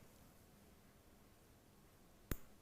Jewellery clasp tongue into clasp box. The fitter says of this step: there's your tongue there's your box when you put it in it has a little click